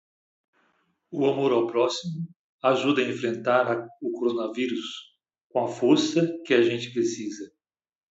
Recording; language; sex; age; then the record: spoken sentence; Brazilian Portuguese; male; 50 to 59 years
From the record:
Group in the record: control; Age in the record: 54 years